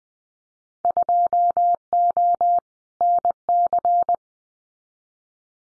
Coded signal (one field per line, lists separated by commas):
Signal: Morse code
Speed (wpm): 20 wpm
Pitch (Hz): 700 Hz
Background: none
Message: 2O NC